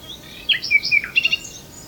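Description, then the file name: Common nightingale song: a short varied phrase of sweeping whistles and chirps, ending in a few quick clipped notes. "Luscinia megarhynchos"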